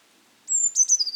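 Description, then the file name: Eurasian blue tit giving a high thin whistled note, then the opening notes of a quick trill that is cut short. "Cyanistes caeruleus"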